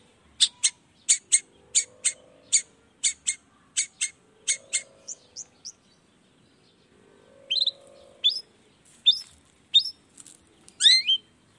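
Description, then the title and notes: Long-tailed shrike giving a run of short harsh scratchy notes, then a pause and several sharp sliding whistled notes. Morning singing of a lively long-tailed shrike with 'toet toet' sound variations, intended to stimulate reluctant shrikes into singing quickly. "Cendet Gacor Dor Di Kala Pagi Toet Toet Variasi Suara J. Cendet Gacor Di Pagi Hari Rangsangan Emosi Cendet Malas Bunyi Supaya Secepatnya Ikutan Bunyi. Burung cendet"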